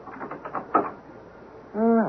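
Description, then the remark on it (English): A quick run of about five muffled raps on the moocher's door, evenly spaced, followed by a short pause and then a voice calling out. “And not half an hour after the distraught Joe left the premises, there was a knock on the door”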